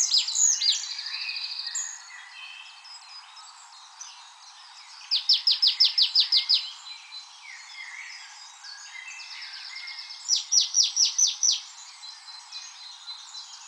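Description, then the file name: Marsh tit calls: several quick runs of sharp, high, evenly spaced notes, with scattered softer chirps between and a faint noisy background. "Poecile palustris"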